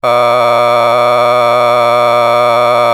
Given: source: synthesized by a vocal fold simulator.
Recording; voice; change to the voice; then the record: sustained vowel; male; a random mix of aspiration noise, stiffness perturbation and strain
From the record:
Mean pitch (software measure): 120 Hz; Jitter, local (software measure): 1.56%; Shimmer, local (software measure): 3.7%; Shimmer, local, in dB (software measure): 0.32 dB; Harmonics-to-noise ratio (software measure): 12.9 dB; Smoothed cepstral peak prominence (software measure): 18.0 dB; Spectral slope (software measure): -13.1 dB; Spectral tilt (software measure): -10.1 dB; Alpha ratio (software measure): -3.6 dB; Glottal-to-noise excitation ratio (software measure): 0.988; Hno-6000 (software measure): 2.0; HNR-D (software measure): 25.6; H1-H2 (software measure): 1.3 dB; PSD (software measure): 1.7e-04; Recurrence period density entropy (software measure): 0.121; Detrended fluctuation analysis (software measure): 0.0291